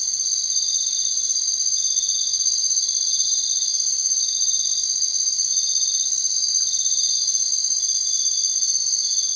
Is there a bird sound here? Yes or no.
no